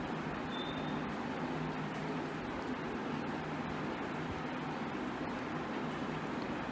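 A memory card is carefully slid into the card slot of a GoPro Hero 2018 action camera, guided in before the final push. Only a steady broadband noise with a low hum is heard, with no sudden sounds. Nothing has seated or clicked yet.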